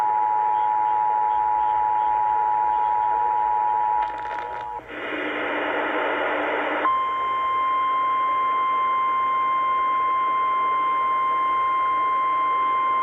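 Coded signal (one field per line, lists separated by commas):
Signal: Emergency Alert System (SAME) tones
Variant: 853 and 960 Hz attention tone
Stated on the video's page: Flood-related EAS alerts from a compilation.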